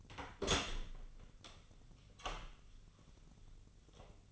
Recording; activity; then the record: daily activity, microphone in the room; open door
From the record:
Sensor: 4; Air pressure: 1010.1 hPa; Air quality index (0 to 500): 191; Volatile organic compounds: 3 ppm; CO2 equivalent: 1375 ppm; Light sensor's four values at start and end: 35/86/35/37 and 33/80/33/35